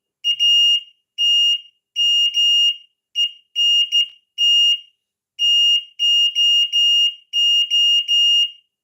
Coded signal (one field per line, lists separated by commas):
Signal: Morse code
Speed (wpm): 14 wpm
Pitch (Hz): 2850 Hz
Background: none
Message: ATM ENT TOO